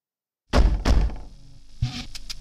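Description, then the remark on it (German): Two heavy, hollow knocks on a door in quick succession, followed by a lingering low resonance and a softer thump about a second later. No one speaks. “überlegte dann aber, dass er ja gar nicht warten müsse, und klopfte einfach an die Tür.”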